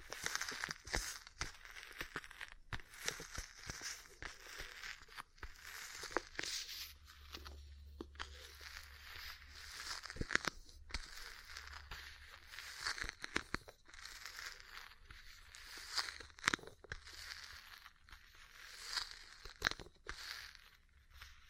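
Ear cleaning and massage sounds: dense crackling, rubbing and scratching with frequent sharp taps, plus a low steady hum in the middle stretch.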